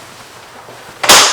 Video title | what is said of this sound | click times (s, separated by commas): Graco Ready2Grow Stand & Ride Double Stroller - Assembly & Features | and it snaps back into place. | 1.0 s